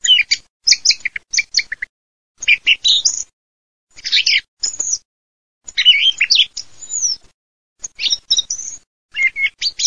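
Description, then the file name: Thrush singing: bright, varied high phrases separated by short pauses. "TORDO"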